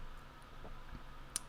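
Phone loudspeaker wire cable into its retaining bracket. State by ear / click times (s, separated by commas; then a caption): seated / 1.4 s. During an iPhone 6 loudspeaker replacement, the small speaker wire cable is clipped back into its little metal retaining bracket inside the phone. After a low steady hum with a couple of faint soft bumps, a single sharp, bright click sounds at 1.4 s. The cable is seated in the bracket.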